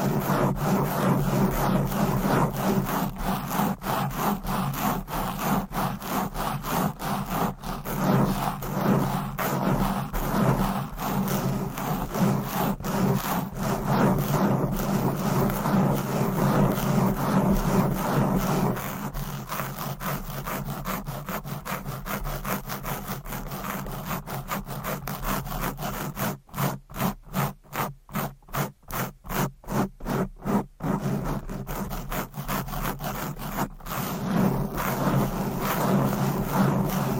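Fast, aggressive scratching on a microphone, a dense run of rapid rasping strokes with a low rumbling body. Around nineteen seconds it thins and quietens slightly, and near twenty-seven to thirty-one seconds it breaks into clipped, stuttering bursts with short silences between them.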